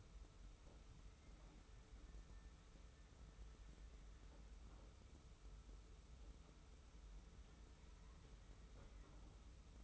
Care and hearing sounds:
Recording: daily activity, microphone in the room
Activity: wipe stove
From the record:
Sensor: 1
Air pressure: 991.5 hPa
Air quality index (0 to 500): 135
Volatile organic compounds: 525 ppm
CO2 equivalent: 4850 ppm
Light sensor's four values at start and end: 40/124/49/51 and 40/124/49/50

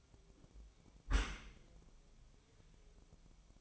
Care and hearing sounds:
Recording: daily activity, microphone in the room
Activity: close dishwasher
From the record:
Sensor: 1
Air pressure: 1004.7 hPa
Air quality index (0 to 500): 110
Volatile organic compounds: 3 ppm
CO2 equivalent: 1513 ppm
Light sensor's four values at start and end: 9/22/8/9 and 9/22/8/9

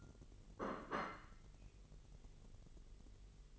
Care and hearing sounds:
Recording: daily activity, microphone in the room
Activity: place plate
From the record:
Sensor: 4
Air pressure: 1002.9 hPa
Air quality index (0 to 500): 248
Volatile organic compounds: 20 ppm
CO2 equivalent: 2693 ppm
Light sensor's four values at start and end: 5/12/4/5 and 5/12/4/5

